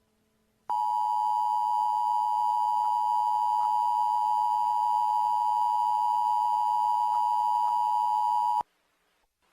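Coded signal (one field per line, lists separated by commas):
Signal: Emergency Alert System (SAME) tones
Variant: 853 and 960 Hz attention tone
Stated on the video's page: Fictional tsunami alert scenario made with valid emergency alert tones.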